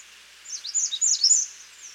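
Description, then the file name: American redstart delivering a short, high, jumbled phrase of thin slurred notes. "Setophaga ruticilla - American Redstart"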